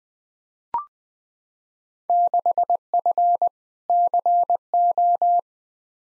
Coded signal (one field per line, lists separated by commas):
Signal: Morse code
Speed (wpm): 20 wpm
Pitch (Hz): 700 Hz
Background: none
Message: 6F CO